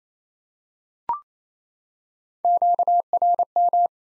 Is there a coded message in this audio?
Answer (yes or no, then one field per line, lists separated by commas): yes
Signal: Morse code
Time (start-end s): 2.4-3.9 s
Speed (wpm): 28 wpm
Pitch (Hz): 700 Hz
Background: none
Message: QRM